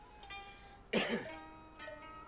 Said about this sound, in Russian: Он кашлянул еще раз громче и подумал, что если ему придется кашлять еще раз, то, скорее всего, его вырвет.